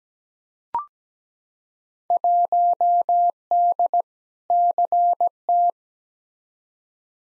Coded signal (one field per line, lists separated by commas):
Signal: Morse code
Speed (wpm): 17 wpm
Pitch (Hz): 700 Hz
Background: none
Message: 1D CT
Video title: Field Day Exchange v2 - 17wpm